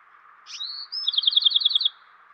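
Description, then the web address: Spotted towhee song: a couple of short high introductory notes, then a rapid buzzy trill of repeated notes lasting about a second, over a steady low hiss. Western North America. "Dan Gibson Wildlife Identification By Sound, Western North America. Spotted Towhee"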